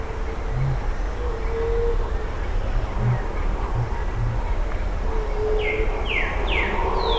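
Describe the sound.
Bird calls: a few falling whistled sweeps at the end, with a steady low rumble throughout.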